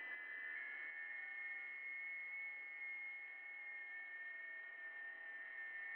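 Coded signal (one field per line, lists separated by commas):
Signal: FT8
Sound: several faint steady whistling tones over constant radio hiss, barely stepping in pitch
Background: radio static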